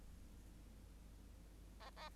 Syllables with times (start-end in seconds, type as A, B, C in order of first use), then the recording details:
1.80-1.90 A, 1.96-2.09 A. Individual Bird8